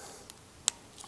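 On a first-generation Honda CR-V, a small hook is worked under a latched seat bracket hook to pry it out of its panel slot. After a faint tick at 0.3 seconds, the bracket releases with one sharp snap at 0.7 seconds, and it comes free in good condition to reuse.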